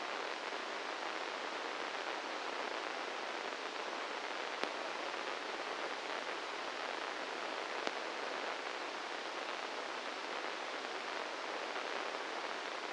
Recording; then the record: brain microelectrode recording played as sound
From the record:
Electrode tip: inside the subthalamic nucleus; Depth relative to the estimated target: -1 mm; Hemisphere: right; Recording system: NeuroSet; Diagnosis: Parkinson's disease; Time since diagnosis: 8 years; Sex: male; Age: 58 years